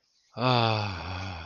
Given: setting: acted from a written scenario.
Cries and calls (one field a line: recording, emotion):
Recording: vocal sound without words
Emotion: serenity